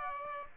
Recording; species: mosquito wingbeat signal from an infrared sensor; Aedes aegypti